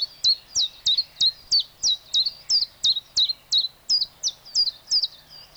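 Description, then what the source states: Common Chiffchaff song: a long, unbroken run of bright, high notes delivered at a steady, rapid rhythm. Sweden.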